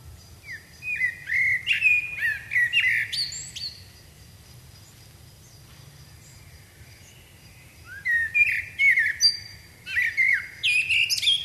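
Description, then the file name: Common blackbird with two bouts of warbled, whistled song, each moving from low fluty notes into rapid high squeaky twitters, with a quiet gap between. "Turdus merula"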